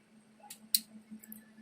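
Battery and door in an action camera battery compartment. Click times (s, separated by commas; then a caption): 0.7 s. A battery is fitted into the compartment of an action camera and the plastic battery door is closed, with a series of rising clicks over a steady low hum. A soft scrape at about 0.5 s leads to a sharp, bright click at 0.8 s, followed by faint ticks around 1.2–1.3 s. The door clicks shut and the battery is seated, since the click must be heard for the battery to sit properly.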